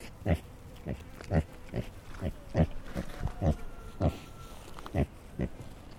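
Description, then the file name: Tamworth pig grunting: a sequence of short, low, rough grunts, roughly one every half second to second, with a faint background hum. Tamworth breed pig; a grunt sequence. "ANIMAL PIG TAMWORTH HAMISH GRUNT SEQUENCE"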